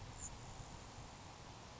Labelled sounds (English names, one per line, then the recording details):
Grasshopper Sparrow
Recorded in Sonoma County, California